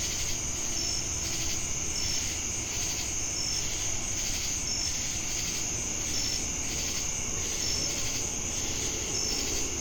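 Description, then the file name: Crickets and cicadas in chorus, a continuous shrill hiss with brief high notes repeating about every second and a half, low rumble underneath. Crickets heard together with cicadas at Jamestown, North Carolina, on 10 August 2018. "Crickets And Sacadas Jamestown NC August-10-2018"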